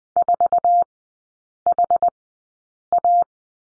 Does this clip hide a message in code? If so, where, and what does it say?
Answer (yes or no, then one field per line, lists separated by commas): yes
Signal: Morse code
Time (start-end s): 0.2-3.2 s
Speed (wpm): 20 wpm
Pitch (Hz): 700 Hz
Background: none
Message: 4HA